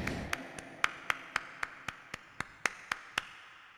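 A steady run of about a dozen sharp hand claps, evenly spaced at a brisk tempo, each crisp and bright with a quick decay, with no voices.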